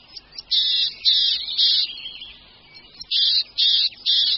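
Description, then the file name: Marsh tit scolding with a string of loud, rasping buzzy notes, some short, some drawn out. "Sýkora-babka"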